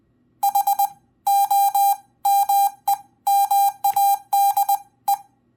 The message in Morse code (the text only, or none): HOMEMADE